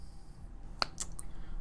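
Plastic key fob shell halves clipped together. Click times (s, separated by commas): 0.8 s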